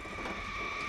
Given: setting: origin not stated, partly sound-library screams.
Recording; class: one-second piece from a danger detection set; woman in danger